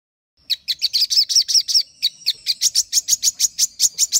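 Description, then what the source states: Little spiderhunter song: a fast run of sharp, high chipping notes, roughly six per second, with a thin steady whistle underneath. The background is otherwise quiet. Master recording used for training birds.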